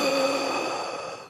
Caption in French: La personne qui a du mal à respirer, la respiration elle est sifflante. Quand les voies aériennes sont bouchées, notamment au niveau du cou, au niveau du larynx, ça va faire une respiration en wheezing, qui siffle. on entend si les gens respirent comme ça. C'est le. Temps de faire un épipène, par exemple. Tout ce temps-là, aucune hésitation à avoir.